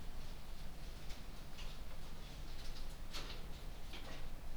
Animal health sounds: poultry house recording; no chicken sound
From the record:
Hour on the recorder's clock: 1

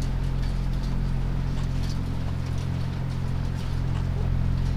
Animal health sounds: poultry house recording; sick chickens (respiratory disease)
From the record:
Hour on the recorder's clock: 1

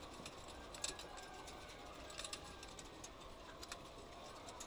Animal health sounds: poultry house recording; healthy chickens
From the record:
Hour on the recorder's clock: 8

